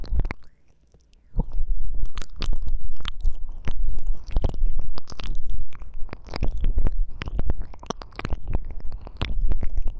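Wet mouth sounds of ear licking fill the clip after a quiet first second, with dense clicks, smacks and slurps arriving several times a second. Deep, muffled thumps sit underneath.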